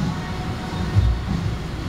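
The rear seat of a new Toyota Fortuner TRD Edition SUV is being folded down toward its floor latch after the headrest has been removed. Steady low rumbling handling noise fills the clip, with a brief louder low-frequency bump around 1.0 s. Nothing has seated or latched yet.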